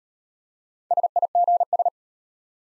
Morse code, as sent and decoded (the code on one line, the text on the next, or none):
... .. --. ...
SIGS